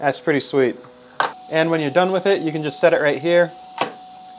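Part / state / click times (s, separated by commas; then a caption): handheld touchscreen controller into its magnetic holder on a 3D printer / seated / 3.8 s. A handheld touchscreen controller is set down onto its magnetic holder on a Snapmaker 3D printer while someone talks. A sharp click at 3.8 seconds marks the controller snapping magnetically into place, fully seated.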